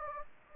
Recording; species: mosquito wingbeat signal from an infrared sensor; Anopheles gambiae